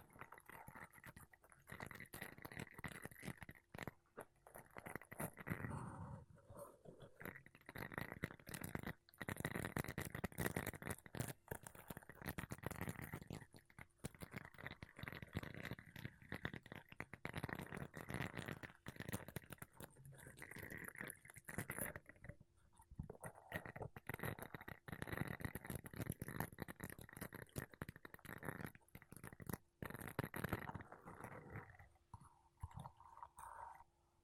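Makeup brushes and a sponge sweep over a microphone, making dense, scratchy swishes and soft thuds that run almost without pause. The strokes come quickly and unevenly, with brief quieter gaps around 6, 22 and 32 seconds. A faint steady tone hums underneath.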